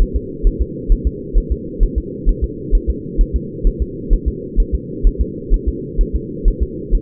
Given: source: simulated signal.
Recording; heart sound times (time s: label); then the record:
fetal heart sounds
0.02 s: S1
0.16 s: S2
0.47 s: S1
0.62 s: S2
0.92 s: S1
1.07 s: S2
1.38 s: S1
1.52 s: S2
1.83 s: S1
1.98 s: S2
2.29 s: S1
2.44 s: S2
2.75 s: S1
2.90 s: S2
3.21 s: S1
3.36 s: S2
3.67 s: S1
3.82 s: S2
4.13 s: S1
4.28 s: S2
4.60 s: S1
4.75 s: S2
5.07 s: S1
5.21 s: S2
5.54 s: S1
5.68 s: S2
6.01 s: S1
6.16 s: S2
6.48 s: S1
6.62 s: S2
6.95 s: S1
From the record:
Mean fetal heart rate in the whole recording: 130 bpm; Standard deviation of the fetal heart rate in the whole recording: 2 bpm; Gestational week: 38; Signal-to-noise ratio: -4.1 dB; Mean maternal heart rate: no maternal heart sound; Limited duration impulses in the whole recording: absent